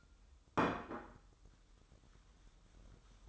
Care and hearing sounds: daily activity, microphone in the room; place plate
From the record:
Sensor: 3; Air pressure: 988.6 hPa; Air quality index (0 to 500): 198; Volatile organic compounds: 334 ppm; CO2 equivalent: 4552 ppm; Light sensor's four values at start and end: 23/71/30/25 and 23/71/30/25

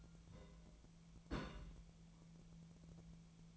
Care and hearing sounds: daily activity, microphone in the room; place on stove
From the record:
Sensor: 1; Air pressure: 1009.9 hPa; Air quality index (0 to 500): 188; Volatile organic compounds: 17 ppm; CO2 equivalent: 2584 ppm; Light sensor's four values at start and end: 38/95/40/49 and 37/95/40/48

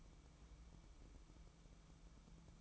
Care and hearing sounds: daily activity, microphone in the room; take from stove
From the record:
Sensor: 1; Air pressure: 1008.1 hPa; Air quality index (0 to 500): 135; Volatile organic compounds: 2 ppm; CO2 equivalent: 1132 ppm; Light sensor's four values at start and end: 8/20/8/8 and 8/20/8/8

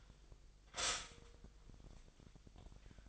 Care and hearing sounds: daily activity, microphone in the room; stop toaster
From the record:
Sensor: 5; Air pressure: 1002.1 hPa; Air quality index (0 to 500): 207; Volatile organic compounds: 20 ppm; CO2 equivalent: 2675 ppm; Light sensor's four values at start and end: 33/108/41/44 and 33/108/41/44

